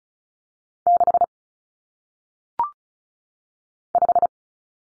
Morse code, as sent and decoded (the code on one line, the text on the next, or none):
-.... / .....
6 5